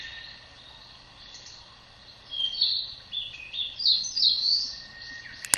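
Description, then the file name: Eastern crowned warbler singing one high, rapid twittering phrase of bright notes that drops to a lower buzzy tone, after quiet background at the start. "センダイムスクイの囀り"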